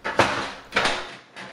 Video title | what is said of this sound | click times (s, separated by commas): The Toto C5 Washlet Electronic Bidet is the Ferrari of Toilet Seats | but I just started in the middle the new seat then snaps into place | 0.8 s